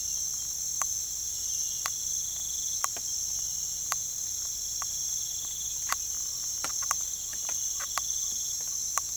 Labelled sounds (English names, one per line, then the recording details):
none
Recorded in pastures near Puerto Asís, Putumayo, Colombia, on 21 December 2024 at 04:30
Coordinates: 0.487, -76.322
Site GP09